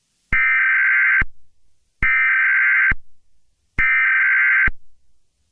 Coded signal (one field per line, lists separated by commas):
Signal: Emergency Alert System (SAME) tones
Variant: header bursts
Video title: EAS Scenario: Anomaly(REMASTERED)